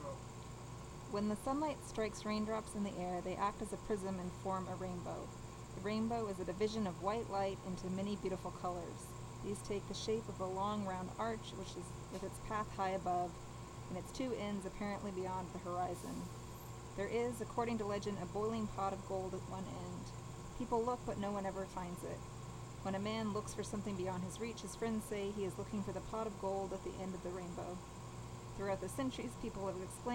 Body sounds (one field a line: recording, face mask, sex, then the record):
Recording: reading aloud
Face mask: surgical mask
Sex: female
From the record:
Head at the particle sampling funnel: tilted down, bridge of the nose in front of it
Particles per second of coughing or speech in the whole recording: 0.813